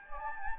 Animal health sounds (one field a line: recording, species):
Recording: mosquito wingbeat signal from an infrared sensor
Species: Anopheles gambiae